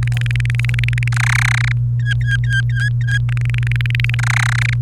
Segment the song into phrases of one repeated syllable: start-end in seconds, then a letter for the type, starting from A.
0.03-1.08 A, 1.12-1.72 B, 1.99-3.18 C, 3.29-4.14 A, 4.19-4.74 B